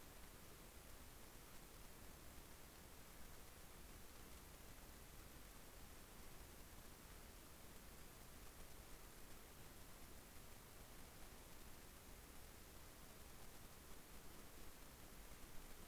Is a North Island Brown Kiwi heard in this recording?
no